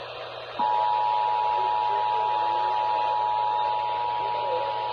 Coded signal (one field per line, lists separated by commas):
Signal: Emergency Alert System (SAME) tones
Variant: 853 and 960 Hz attention tone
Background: speech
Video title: OH GREAT ONLY ONE FOR SVR... EAS Alerts from 7/12/25 (EAS#4,279 - #4,294)